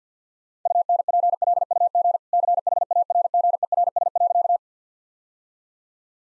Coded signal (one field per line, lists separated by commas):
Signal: Morse code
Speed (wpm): 50 wpm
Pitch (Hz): 700 Hz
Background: none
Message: UNPLUG CHARGERS.